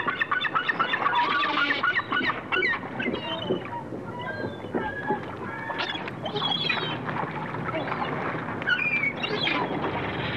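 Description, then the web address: Gulls calling in a dense chorus, many harsh overlapping squeals and yelps without pause over a steady low background rumble. "чайки"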